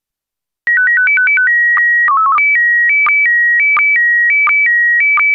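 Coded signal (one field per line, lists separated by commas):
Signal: SSTV (slow-scan television)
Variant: PD 90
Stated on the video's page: SSTV image in PD90 mode.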